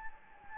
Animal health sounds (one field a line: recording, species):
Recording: mosquito wingbeat signal from an infrared sensor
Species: Anopheles gambiae